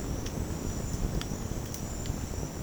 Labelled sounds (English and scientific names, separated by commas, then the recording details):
none
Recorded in secondary vegetation near Puerto Asís, Putumayo, Colombia, on 19 March 2025 at 08:00
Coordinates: 0.481, -76.318
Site G097